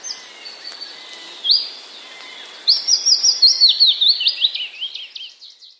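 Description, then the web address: Willow warbler song: a few thin high whistles, then a sweet descending cascade of slurred notes over three seconds, fading softly at the end. Recorded on 10 May 2015. "wroblowe kontra piecuszek 10 05 2015"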